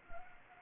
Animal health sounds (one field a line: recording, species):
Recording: mosquito wingbeat signal from an infrared sensor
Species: Anopheles gambiae